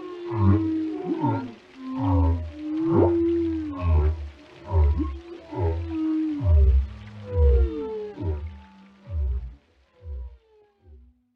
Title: Whale Tales: A Dive into the Fascinating Behaviors of These Ocean Giants